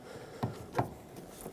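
A window belt molding for a 1995–2004 Toyota Tacoma is positioned on the truck door frame so all its clips line up and the white tab goes in behind the door lip, ready to be pressed down to lock. Only light handling noises are heard, with soft knocks near 0.4, 0.8 and 1.4 seconds. Nothing has seated or clicked yet.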